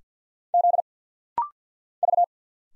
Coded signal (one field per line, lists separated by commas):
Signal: Morse code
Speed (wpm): 50 wpm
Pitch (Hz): 700 Hz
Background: none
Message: Z V